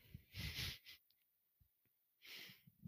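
A sleeping female dog snoring, her head pressed into a makeshift headboard, the snoring growing louder and louder after a busy day.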